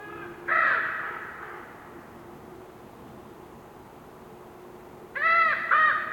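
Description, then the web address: Raven croaks, one long hoarse call, a quiet stretch of wind, then a few short croaks at the end. Raven croaking in a winter forest during a windy, whistling blizzard with snow, North Laurentian Woods, Canada. "WINTER Forest windy whistling blizzard snow with raven bird croaking, North Laurentian Woods, Canada. GDC 2018-Game Audio Bundle"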